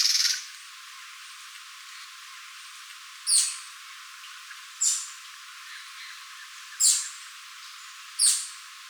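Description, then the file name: Ceara gnateater giving short, sharp, high-pitched sneezy notes, several in all, spaced one to three seconds apart, over a quiet hiss. "canto do chupa dente do nordeste"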